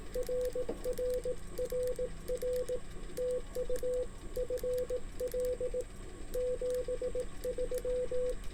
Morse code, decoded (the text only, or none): RRRR TU FL 73